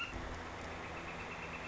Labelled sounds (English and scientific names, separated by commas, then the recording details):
Northern Flicker (Colaptes auratus)
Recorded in Sonoma County, California